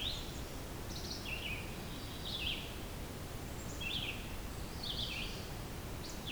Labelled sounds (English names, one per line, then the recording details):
Red-eyed Vireo song
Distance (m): 20 m
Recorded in boreal forest in Alberta, Canada, on 21 June 2016 at 06:36
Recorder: SongMeter 3, array SBT-6-81
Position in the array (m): 162 m, 58 m